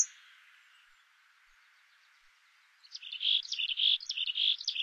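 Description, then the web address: Mexican chickadee call: a hoarse buzzy series of quick notes starting after a near-silent stretch. "Songs of Birds of North America Stokes. Mexican Chickadee"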